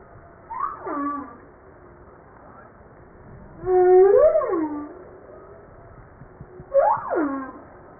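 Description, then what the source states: Humpback whale song with three tonal units: a short falling cry, a long rising-and-falling moan rich in harmonics, and a final upsweep that slides down. Recorded 5 March 1994.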